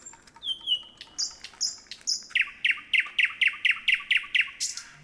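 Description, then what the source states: Common nightingale song: short whistles and high notes leading into a fast run of about ten loud, sharp notes. Heard in cities.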